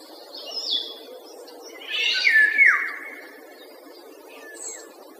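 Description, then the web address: Common starling song mixing a scratchy burst with a clear whistle sliding downward, then soft faint notes, against constant background hiss. Song imitating the Eurasian golden oriole. "wroblowe zapozyczenia wilgi. wroblowe zapozyczenia szpak"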